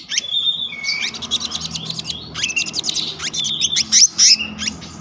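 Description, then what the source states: Selendang biru songbird giving rapid, varied high chatter mixed with whistles and twittering, almost without pause, over a noticeable low hum. Singing in the continuous rolling style called gacor ngeroll, with isian (fill-in phrases).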